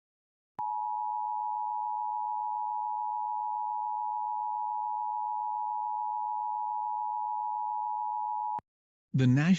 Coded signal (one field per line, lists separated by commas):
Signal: Emergency Alert System (SAME) tones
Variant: 853 and 960 Hz attention tone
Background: speech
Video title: (REUPLOADED) Emergency alert system from Tornado Warning